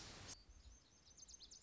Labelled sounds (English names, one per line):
Lazuli Bunting